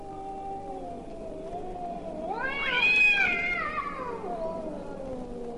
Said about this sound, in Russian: Звучит знаменитый кошачий концерт. Такие концерты происходят на крышах домов по ночам. В марте кошкам они очень нравятся. Ну, чего нельзя сказать о людях, которые живут в этих домах. Концерты кончаются отчаянной потасовкой между певцами.